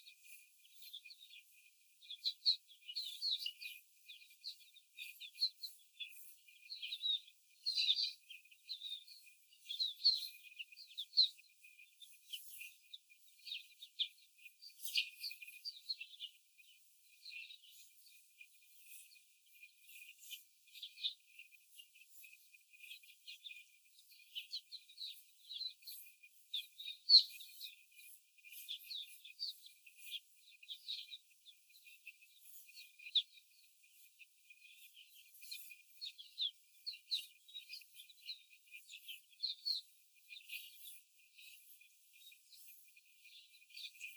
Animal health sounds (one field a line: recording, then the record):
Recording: young laying hens in a cage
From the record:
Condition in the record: before the stressor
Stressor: simulated dog barking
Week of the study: 4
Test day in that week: 1